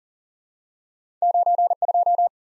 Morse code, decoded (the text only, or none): 9 2